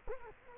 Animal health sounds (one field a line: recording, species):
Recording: mosquito wingbeat signal from an infrared sensor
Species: Culex quinquefasciatus